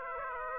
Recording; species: mosquito wingbeat signal from an infrared sensor; Aedes aegypti